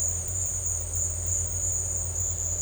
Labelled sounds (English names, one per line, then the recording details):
none
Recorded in dense forest near Puerto Asís, Putumayo, Colombia, on 20 December 2024 at 13:00
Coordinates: 0.468, -76.322
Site G071